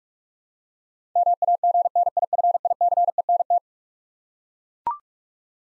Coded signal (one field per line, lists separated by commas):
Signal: Morse code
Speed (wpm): 41 wpm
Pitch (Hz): 700 Hz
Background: none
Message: MAGNIFICENT